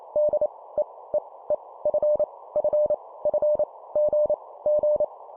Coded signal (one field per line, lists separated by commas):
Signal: Morse code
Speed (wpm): 28 wpm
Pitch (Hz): 600 Hz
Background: none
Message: D E E E F F F G G